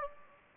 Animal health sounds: mosquito wingbeat signal from an infrared sensor; Anopheles gambiae

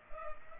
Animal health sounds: mosquito wingbeat signal from an infrared sensor; Culex pipiens

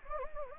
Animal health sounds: mosquito wingbeat signal from an infrared sensor; Anopheles gambiae

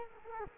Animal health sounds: mosquito wingbeat signal from an infrared sensor; Culex quinquefasciatus

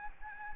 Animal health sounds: mosquito wingbeat signal from an infrared sensor; Anopheles gambiae

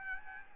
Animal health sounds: mosquito wingbeat signal from an infrared sensor; Aedes albopictus

